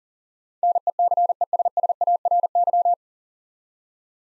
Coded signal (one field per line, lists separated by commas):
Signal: Morse code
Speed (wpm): 40 wpm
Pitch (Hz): 700 Hz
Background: none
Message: NECESSARY